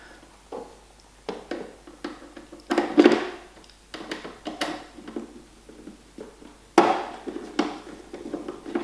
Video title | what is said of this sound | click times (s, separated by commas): Demystifying the dehumidifier - It's dead Jim! | nice nice positive click of that one as it went home and same with that one | 4.6 s, 6.8 s